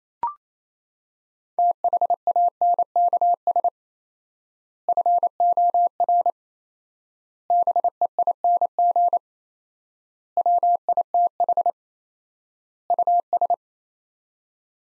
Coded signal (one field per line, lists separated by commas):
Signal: Morse code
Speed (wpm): 27 wpm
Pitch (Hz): 700 Hz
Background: none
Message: THANKS FOR BEING WITH US